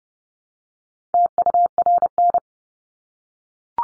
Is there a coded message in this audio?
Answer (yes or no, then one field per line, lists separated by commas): yes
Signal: Morse code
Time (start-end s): 1.1-2.4 s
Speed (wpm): 30 wpm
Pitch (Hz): 700 Hz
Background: none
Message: TURN